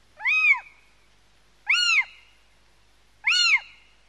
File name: mocho galego